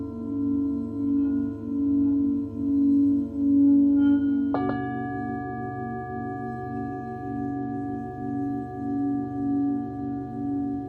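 A Tibetan singing bowl rings with a steady low hum that swells and fades in slow, regular waves. Around four and a half seconds it is struck again, adding a brighter set of ringing overtones that hold, still wavering, until the end.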